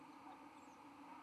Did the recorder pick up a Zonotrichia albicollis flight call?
no